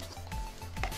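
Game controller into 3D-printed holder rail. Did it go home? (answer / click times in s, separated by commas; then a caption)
yes / 0.8 s. A left Joy-Con game controller is slid onto the other rail of a 3D-printed PLA holder and snaps on with a sharp click at 0.8 s, after softer sliding sounds around 0.3 s and 0.8 s. A steady background tone runs throughout, and the controller ends up seated on the holder.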